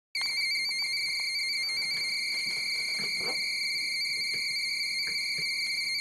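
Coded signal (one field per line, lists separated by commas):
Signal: NAVTEX (SITOR-B)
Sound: continuous rapid two-tone warble around 2 kHz, like fast chirping teletype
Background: radio static, faint clicks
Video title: Decoding NAVTEX Weather Broadcasts on an Android Device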